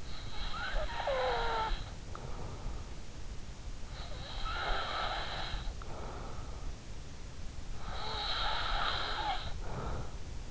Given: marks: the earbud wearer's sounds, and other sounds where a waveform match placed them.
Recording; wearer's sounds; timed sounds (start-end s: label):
sounds in sleep by an in-ear microphone; breath
0.00-2.74 s: breath
3.77-6.46 s: breath
7.32-10.51 s: breath